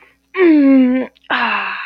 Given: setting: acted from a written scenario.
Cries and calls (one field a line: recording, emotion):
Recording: vocal sound without words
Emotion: serenity